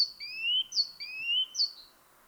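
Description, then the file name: Great tit two-note song, a sharp high note followed by a longer, lower rising whistle, repeated twice in quick succession, then a final high note. "Parus major"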